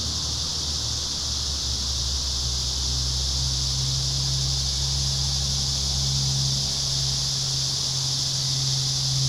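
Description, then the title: Cicadas keep up a steady shrill buzzing chorus while a low engine-like hum rumbles beneath it most of the time. Cicadas singing in a park. "neoscenes: cicadas in the park"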